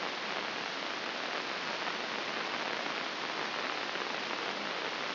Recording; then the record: brain microelectrode recording played as sound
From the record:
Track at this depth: inside the subthalamic nucleus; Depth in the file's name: 3.625 mm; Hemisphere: left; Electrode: 2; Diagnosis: Parkinson's disease